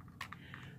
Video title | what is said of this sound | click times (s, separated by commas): Goolrc T32 folding wifi FPV quadcopter unbox and assembly tutorial! | just basically pull it from from its folded position and snap it into place there's a really kind of a faint audible click you guys can maybe | 0.2 s